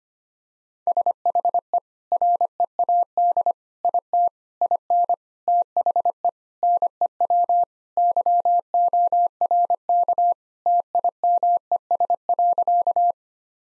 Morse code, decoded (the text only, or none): SHE READ IT IN THE NEW YORK TIMES.